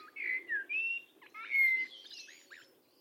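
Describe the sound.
Bird calls: several clear whistled notes that slide downward or hold steady, followed by a few softer chirps.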